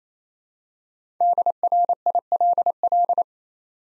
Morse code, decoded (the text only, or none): DRILL